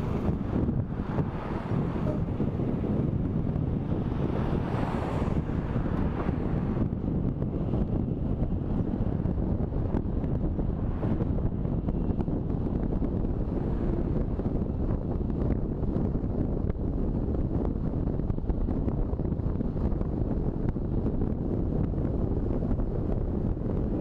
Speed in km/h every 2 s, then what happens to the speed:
22, 23, 24, 27, 26, 26, 28, 28, 28, 30, 31, 35.
0-17 steady at about 26. 17-24 speeds up to 35.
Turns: none.